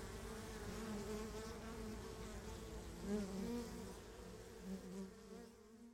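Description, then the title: Honey bees buzzing steadily at a hive, a dense drone of many wingbeats with overlapping harmonic hums that swell and dip, a few individual bees passing briefly louder. Beehive at Laren, Gelderland, Netherlands, on July 17th 2015. "Beehive. Bijenkorf (Laren Gld., July 17th 2015)"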